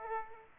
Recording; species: mosquito wingbeat signal from an infrared sensor; Aedes aegypti